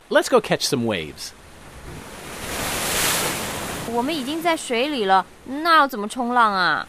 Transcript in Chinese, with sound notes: Let's go catch some waves.
(Ocean/splashing sounds) 我们已经在水里了，那怎么冲浪呢？